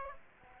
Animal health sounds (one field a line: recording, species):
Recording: mosquito wingbeat signal from an infrared sensor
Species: Aedes aegypti